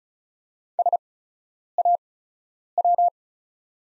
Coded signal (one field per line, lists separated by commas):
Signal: Morse code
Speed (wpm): 34 wpm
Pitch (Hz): 700 Hz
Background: none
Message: SAW